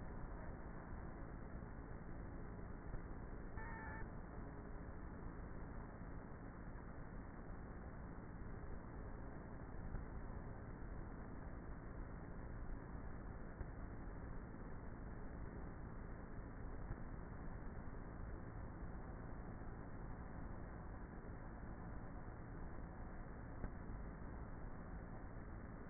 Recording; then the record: honeybee colony, microphone inside the hive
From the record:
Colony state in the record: queenless with a low population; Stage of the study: before two queens were removed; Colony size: about 30,000 bees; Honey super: no